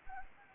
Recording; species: mosquito wingbeat signal from an infrared sensor; Anopheles arabiensis